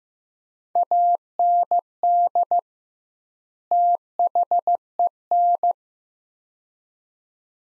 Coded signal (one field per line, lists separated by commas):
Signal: Morse code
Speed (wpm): 15 wpm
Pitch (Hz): 700 Hz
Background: none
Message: AND THEN